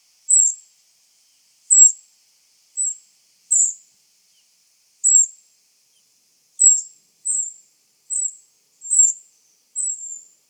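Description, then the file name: Eurasian wren call notes, high and ticking, ten of them with a pause in the middle, then quicker toward the end; nothing else audible. "Troglodytes troglodytes"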